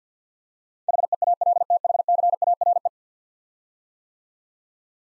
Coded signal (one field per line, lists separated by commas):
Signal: Morse code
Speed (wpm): 47 wpm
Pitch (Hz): 700 Hz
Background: none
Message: HEALTHCARE